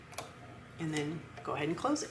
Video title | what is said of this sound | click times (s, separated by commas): Make This Cute Easter Chick Card with Cricut - Free SVG + HTV on Cardstock | put it in till you hear it click, | 0.2 s